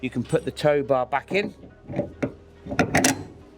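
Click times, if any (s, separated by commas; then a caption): 2.8 s, 3.0 s, 3.1 s. A detachable steel tow ball neck for a Skoda Octavia vRS, pre-set to the locked position with its red indicator showing, is pushed firmly into the towbar receiver under the bumper. Someone talks first, then sharp metallic clicks come at 2.8 s, 3.0 s and 3.1 s as the neck locks and clicks into place, seated.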